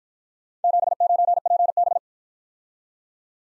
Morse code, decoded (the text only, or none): 79PB